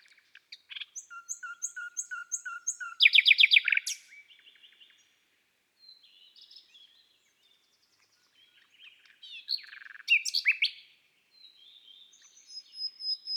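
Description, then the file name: Common nightingale song opening with high repeated notes and a loud burst of rapid pulses, then scattered quieter notes and another loud phrase. "Rossignol philomele Chants doiseaux des bois et des forets"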